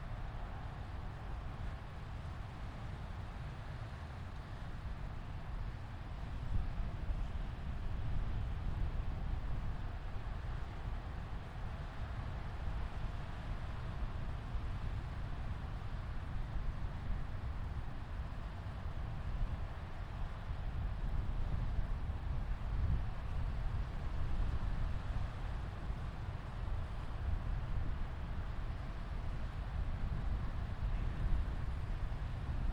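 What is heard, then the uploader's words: A steady, dense roar at Jones Beach, heavy in the low end with a softer hiss above. It holds nearly constant throughout, growing slightly louder after about six seconds, with no distinct separate events standing out. Jones Beach.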